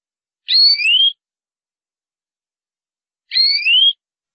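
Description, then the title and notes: Canary song phrase of two simultaneous whistled notes, the lower one rising, given twice about three seconds apart in silence. "BM Suara Kenari. BM Suara Burung Kenari"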